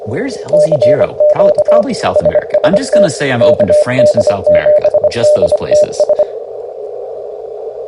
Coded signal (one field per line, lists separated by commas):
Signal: Morse code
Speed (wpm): 24 wpm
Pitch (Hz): 600 Hz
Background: speech, radio noise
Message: CQ SST KD7DTS